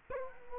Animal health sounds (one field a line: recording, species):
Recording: mosquito wingbeat signal from an infrared sensor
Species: Culex quinquefasciatus